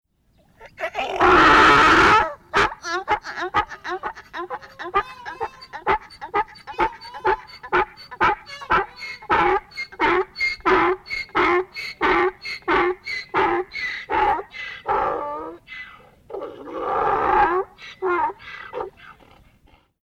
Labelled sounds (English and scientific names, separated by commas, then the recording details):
Ass (Equus asinus)
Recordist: Tembrock, Günter
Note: Rufreihe